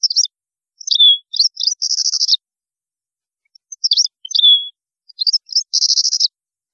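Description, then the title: European goldfinch song, two matching phrases of chirps, a slurred downward note and a buzzy rattling trill, repeated about three seconds apart. "Chant Chardonneret"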